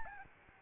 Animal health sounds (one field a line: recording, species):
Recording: mosquito wingbeat signal from an infrared sensor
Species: Aedes albopictus